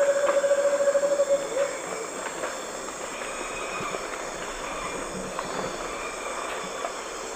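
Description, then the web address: Striated antthrush song, a quick string of low hooted notes lasting under two seconds, then only a continuous insect drone and faint forest noise. Songs of two birds, eastern lowlands of South America. "Natures Songs S America Eastern Lowlands Chamaeza nobilis, songs 2 birds"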